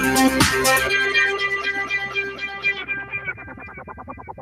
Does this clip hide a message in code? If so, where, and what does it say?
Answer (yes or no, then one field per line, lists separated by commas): no